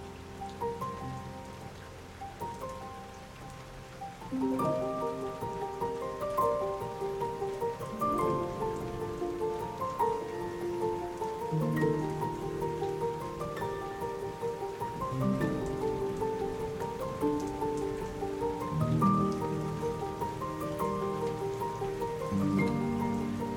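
Rain falls steadily under a slow, gentle piece of music, with sustained notes and soft chords shifting every few seconds. The music swells slightly after about four seconds and keeps a calm, even level, while a fine patter of rain runs throughout.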